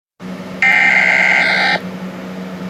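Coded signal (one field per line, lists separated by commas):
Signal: Emergency Alert System (SAME) tones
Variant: header bursts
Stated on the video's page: Fictional EAS scenario made in a mobile app, recorded by phone.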